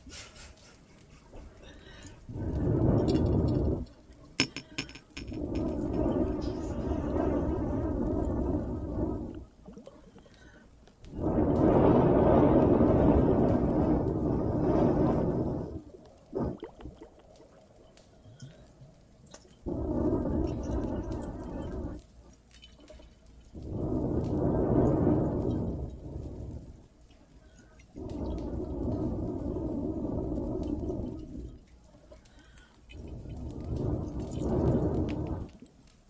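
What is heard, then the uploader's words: Cave ambience with water and a fireplace: heavy, low rushing roars come in repeated bursts of two to five seconds, about seven across the clip. Between them the sound drops to a quiet bed with faint scattered ticks and crackles. Some more Cave ASMR, Water and Fireplace added.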